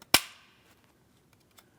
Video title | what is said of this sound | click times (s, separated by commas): How to Replace Rear Power Window Switches 2007-2014 Ford Edge | Audible click, both sides, and it's secure. | 0.1 s